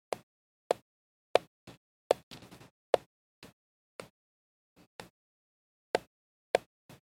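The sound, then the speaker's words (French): Sharp, snappy clicks from a click beetle jumping from lying on its back, about a dozen spaced irregularly over several seconds, with one brief crackly flurry partway through. Each click is short and crisp against silence; no one speaks. “En anglais, ils sont connus sous le nom de click beetles parce que leur saut est accompagné d'un son qui évoque un clic”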